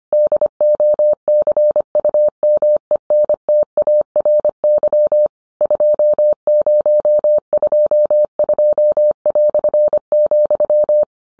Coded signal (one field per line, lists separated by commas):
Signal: Morse code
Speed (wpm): 25 wpm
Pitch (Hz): 600 Hz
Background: none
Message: DOCUMENTARY 2022",